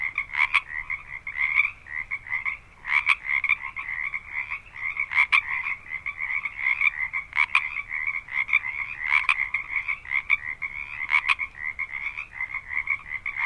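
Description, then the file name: Frog chorus of many callers, continuous overlapping croaks with regular stronger bursts throughout. Recorded at Harbin Hot Springs. "Quiet American - Harbin Hotsprings Frogs"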